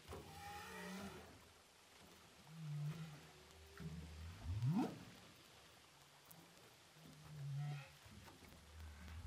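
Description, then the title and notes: Humpback whale sounds underwater: low moans, a sharp upsweeping whoop around the middle, and higher harmonic cries early on, over steady sea hiss. Humpback whales recorded underwater with a DPA hydrophone offshore of Saint-Paul, Réunion Island. "Whales sound by hydrophophone DPA saint paul, ile de la reunion. Baleines à bosse enregistrées à l'hydrophone DPA au large de saint Paul de la réunion"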